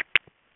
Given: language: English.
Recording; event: throat vibration sensor signal played as sound; swallow